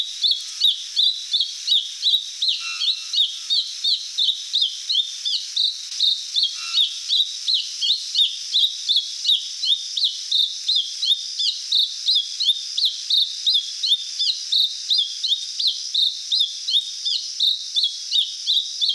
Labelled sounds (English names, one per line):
Mountain Thrush song